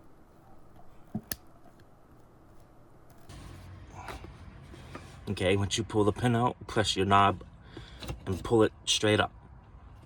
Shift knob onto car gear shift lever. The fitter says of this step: and you want to make sure it clicks that way you know it's seated correctly